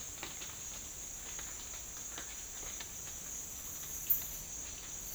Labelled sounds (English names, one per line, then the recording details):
none
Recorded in dense forest near Puerto Asís, Putumayo, Colombia, on 12 March 2025 at 10:00
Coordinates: 0.500, -76.322
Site GP06